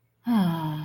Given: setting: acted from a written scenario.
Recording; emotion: vocal sound without words; contentment